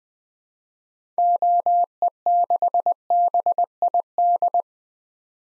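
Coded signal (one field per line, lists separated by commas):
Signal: Morse code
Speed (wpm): 21 wpm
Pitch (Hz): 700 Hz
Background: none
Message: OE6BID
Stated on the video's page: Morse code drill sending common SOTA activator call signs at 20 wpm for head-copy practice, each sent before and after being spoken.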